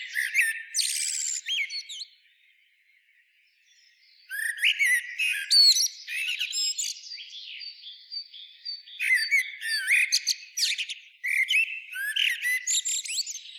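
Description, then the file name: Eurasian blackbird giving loud high squeaks and fluty notes, a brief near-silent gap, then repeated busy bursts of twitters and whistled phrases. "Turdus merula"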